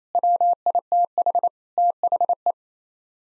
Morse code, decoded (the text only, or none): WITH THE